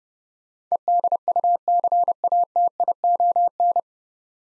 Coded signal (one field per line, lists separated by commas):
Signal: Morse code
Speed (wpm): 30 wpm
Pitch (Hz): 700 Hz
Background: none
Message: EDUCATION